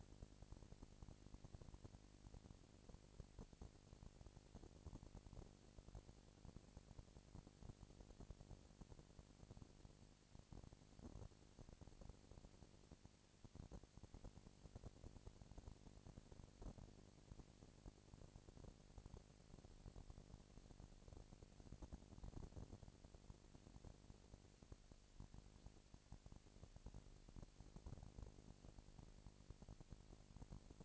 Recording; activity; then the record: daily activity, microphone in the room; no activity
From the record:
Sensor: 5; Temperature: 19.8 degrees Celsius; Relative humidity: 36.7%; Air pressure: 997.2 hPa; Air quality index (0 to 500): 169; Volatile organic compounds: 14 ppm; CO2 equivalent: 2440 ppm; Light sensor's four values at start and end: 2/3/1/1 and 2/3/1/1